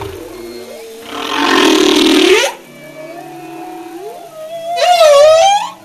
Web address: humpback whale